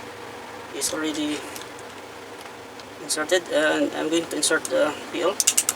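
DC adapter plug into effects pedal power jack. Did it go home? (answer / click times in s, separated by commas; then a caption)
no / none. Someone talks while handling a DC adapter plug at the power jack of a Line 6 DL4 Modeler digital delay guitar pedal after a board repair, with faint handling noises and a few sharp ticks near the end. The plug has not yet gone home, and nothing has seated or clicked yet.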